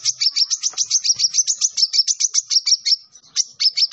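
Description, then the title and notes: Sunbird song: a continuous rapid trill of high, evenly spaced notes, a brief break, then the trill resumes. Indonesian 'kolibri ninja' master recording with full 'isian' and 'tembakan' song, described as 'gacor' (singing vigorously), intended as a lure for training other birds. "MASTERAN KOLIBRI NINJA TERBAIK FULL ISIAN DAN TEMBAKAN MEWAH COCOK BUAT PANCINGAN. Suara Burung Kolibri Ninja Gacor"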